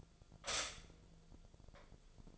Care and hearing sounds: daily activity, microphone in the room; stop toaster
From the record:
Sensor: 5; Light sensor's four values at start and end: 89/236/96/101 and 89/237/96/101

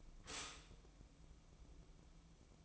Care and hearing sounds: daily activity, microphone in the room; stop toaster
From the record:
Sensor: 1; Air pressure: 1007.1 hPa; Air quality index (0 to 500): 74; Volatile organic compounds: 1 ppm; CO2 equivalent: 656 ppm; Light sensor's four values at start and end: 8/19/7/8 and 8/19/7/8

